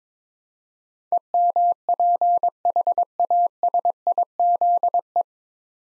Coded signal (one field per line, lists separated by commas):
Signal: Morse code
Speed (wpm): 22 wpm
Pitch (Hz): 700 Hz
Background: none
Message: EMPHASIZE